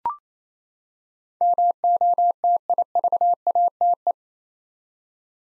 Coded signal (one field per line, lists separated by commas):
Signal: Morse code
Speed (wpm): 28 wpm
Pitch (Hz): 700 Hz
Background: none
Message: MOTIVATE